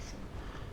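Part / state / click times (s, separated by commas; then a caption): plastic case shell into PDA housing / not seated / none. The plastic case shell of a Palm Zire 71 PDA is handled against the PDA housing during reassembly, with steady low rumbling handling noise and a brief bright tick near 0.8 s. Nothing has seated or snapped into place yet.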